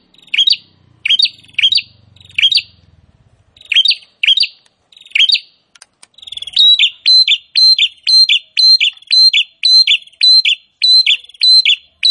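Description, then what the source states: Prinia song: sharp high chirped phrases, spaced at first with faint low noise, then speeding into a fast regular run about twice a second. Prinia singing actively (gacor).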